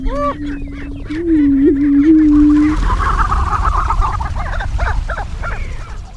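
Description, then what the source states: Greater Prairie-Chicken sounds: low moaning drones, then a burst of higher cackling and chattering notes. Prairie chickens at a prairie restoration site near Crookston, Minnesota, watched from observation blinds on May 6th.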